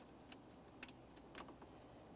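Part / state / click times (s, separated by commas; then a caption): wiring plug into cooling fan motor / not seated / none. An electrical wiring plug is handled at the driver-side cooling fan motor connector of a 2014-2018 Mazda 3 during replacement of the A/C condenser and receiver drier assembly. Faint plastic taps and rattles sound at about 0.3, 0.8, 1.4 and 1.6 seconds over a steady low background hum. The plug has not seated or clicked in yet.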